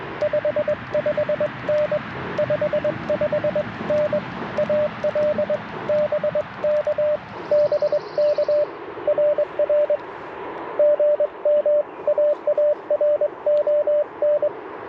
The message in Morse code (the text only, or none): 55N 55N AL BK BK RR GM AARON